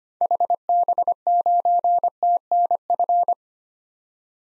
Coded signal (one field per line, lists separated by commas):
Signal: Morse code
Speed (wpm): 25 wpm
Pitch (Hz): 700 Hz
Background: none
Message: HB9TNF